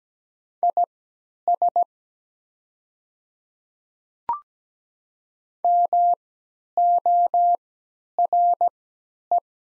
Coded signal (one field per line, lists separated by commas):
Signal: Morse code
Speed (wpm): 17 wpm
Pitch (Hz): 700 Hz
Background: none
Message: IS MORE